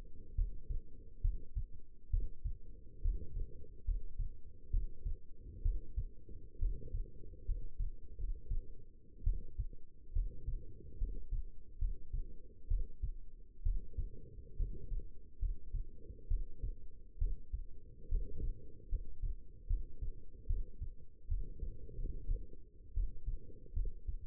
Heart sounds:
heart sounds by stethoscope; 69 bpm
0.35 s: heartbeat
1.21 s: heartbeat
2.10 s: heartbeat
3.01 s: heartbeat
3.84 s: heartbeat
4.70 s: heartbeat
5.62 s: heartbeat
6.59 s: heartbeat
7.45 s: heartbeat
8.17 s: heartbeat
9.23 s: heartbeat
10.12 s: heartbeat
10.98 s: heartbeat
11.78 s: heartbeat
12.67 s: heartbeat
13.62 s: heartbeat
14.56 s: heartbeat
15.39 s: heartbeat
16.27 s: heartbeat
17.18 s: heartbeat
18.08 s: heartbeat
18.88 s: heartbeat
19.67 s: heartbeat
20.46 s: heartbeat
21.28 s: heartbeat
21.96 s: heartbeat
22.93 s: heartbeat
23.73 s: heartbeat
From the record:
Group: healthy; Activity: rest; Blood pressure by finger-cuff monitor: 140/85 mmHg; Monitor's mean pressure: 101 mmHg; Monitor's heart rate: 69 bpm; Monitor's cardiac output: 6 L/min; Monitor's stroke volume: 86 mL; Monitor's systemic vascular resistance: 1240 dyn s/cm5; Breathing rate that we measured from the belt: 16 breaths a minute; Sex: female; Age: 22 years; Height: 171 cm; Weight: 65.6 kg

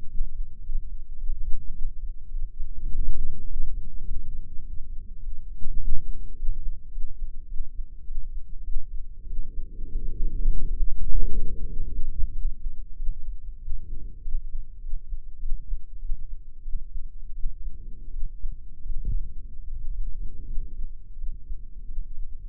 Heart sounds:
heart sounds by microphone in the left ear; 96 bpm
0.10 s: heartbeat
0.64 s: heartbeat
1.18 s: heartbeat
1.73 s: heartbeat
2.31 s: heartbeat
2.89 s: heartbeat
3.48 s: heartbeat
4.05 s: heartbeat
4.63 s: heartbeat
5.21 s: heartbeat
5.79 s: heartbeat
6.37 s: heartbeat
6.92 s: heartbeat
7.48 s: heartbeat
8.05 s: heartbeat
8.64 s: heartbeat
9.27 s: heartbeat
9.90 s: heartbeat
10.49 s: heartbeat
11.07 s: heartbeat
11.67 s: heartbeat
12.33 s: heartbeat
12.96 s: heartbeat
13.60 s: heartbeat
14.22 s: heartbeat
14.81 s: heartbeat
15.40 s: heartbeat
15.99 s: heartbeat
16.63 s: heartbeat
17.33 s: heartbeat
18.11 s: heartbeat
18.84 s: heartbeat
19.65 s: heartbeat
20.45 s: heartbeat
21.16 s: heartbeat
21.86 s: heartbeat
From the record:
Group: healthy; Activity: rest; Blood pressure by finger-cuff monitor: 123/70 mmHg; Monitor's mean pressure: 89 mmHg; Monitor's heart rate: 100 bpm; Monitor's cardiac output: 8.9 L/min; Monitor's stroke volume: 97 mL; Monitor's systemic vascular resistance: 730 dyn s/cm5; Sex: female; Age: 23 years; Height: 160 cm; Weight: 50.4 kg

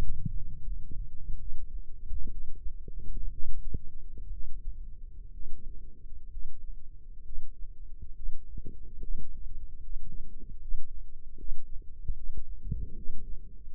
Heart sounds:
heart sounds by microphone in the left ear; 69 bpm
0.63 s: heartbeat
1.39 s: heartbeat
2.30 s: heartbeat
3.31 s: heartbeat
4.31 s: heartbeat
5.32 s: heartbeat
6.30 s: heartbeat
7.23 s: heartbeat
8.14 s: heartbeat
8.99 s: heartbeat
9.80 s: heartbeat
10.58 s: heartbeat
11.36 s: heartbeat
12.14 s: heartbeat
12.94 s: heartbeat
13.69 s: heartbeat
From the record:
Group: healthy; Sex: male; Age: 35 years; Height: 178 cm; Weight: 64 kg

